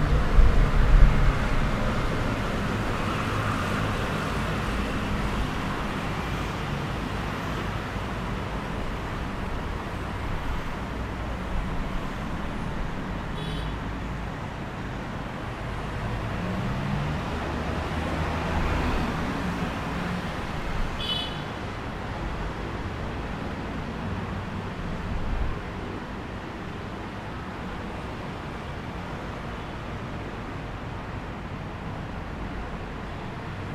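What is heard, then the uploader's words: Traffic on a flyover in Taipei keeps up a dense, steady roar of tyres and engines, heaviest in the first seconds and swelling again around the middle. Faint high squeaks ring out near 13 and 21 seconds above the constant low rumble. On the flyover sound in Taipei, Taiwan.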